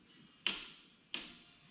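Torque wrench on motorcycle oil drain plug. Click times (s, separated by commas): 1.1 s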